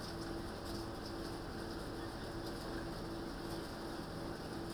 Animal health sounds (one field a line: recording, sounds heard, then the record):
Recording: poultry house recording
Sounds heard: healthy chickens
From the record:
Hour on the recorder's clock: 19